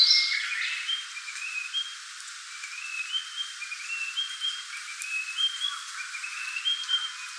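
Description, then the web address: Narcissus flycatcher song: after a brief louder burst, a steady run of short, soft whistled notes repeated about twice a second at a similar pitch. "birdenaga kibitaki"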